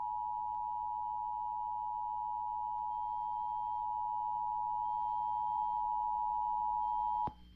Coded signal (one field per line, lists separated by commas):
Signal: Emergency Alert System (SAME) tones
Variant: 853 and 960 Hz attention tone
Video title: Pennsylvania EAS Required Monthly Tests (3/21/19) (EAS #16-18)